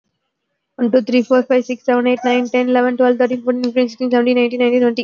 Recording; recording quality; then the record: counting at a fast pace; moderate, slight background noise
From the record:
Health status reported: exposed to COVID-19, no respiratory illness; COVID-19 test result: negative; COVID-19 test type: RT-PCR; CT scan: not taken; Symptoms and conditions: cold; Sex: female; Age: 27 years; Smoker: no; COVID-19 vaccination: both doses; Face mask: worn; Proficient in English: yes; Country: India